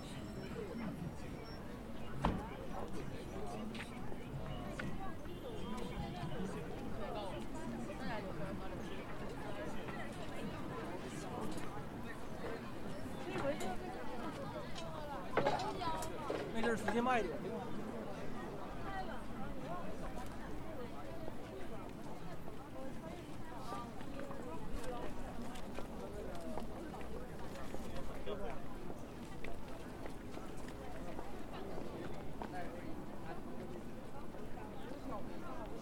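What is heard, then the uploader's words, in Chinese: Street ambience on Zhongjie in Shenyang: a steady, dense murmur of many people talking, with overlapping voices throughout. A low traffic rumble sits underneath, and scattered sharp clicks and knocks punctuate the crowd, most noticeably around 2 seconds and 15 to 17 seconds. 沈阳，中街。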